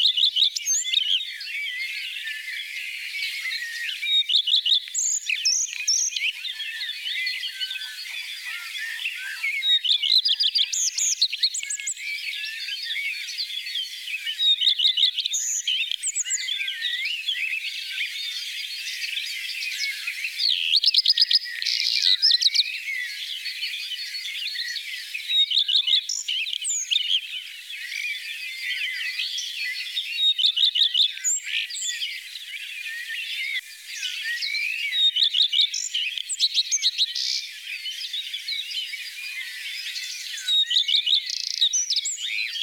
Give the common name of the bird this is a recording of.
Common Redstart